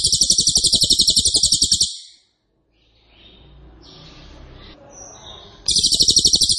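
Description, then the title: Cililin song: a fast, dense high trill stops, soft background noise follows, then the rapid trilling starts again. Loud, dense, rapid-fire song style called 'nembak keras dan rapat', used as a favourite training recording (masteran) for oriental magpie-robin, leafbird and white-rumped shama. "Cililin NEMBAK KERAS dan RAPAT masteran murai batu cucak ijo dan kacer"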